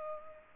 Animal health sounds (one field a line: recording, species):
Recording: mosquito wingbeat signal from an infrared sensor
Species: Culex pipiens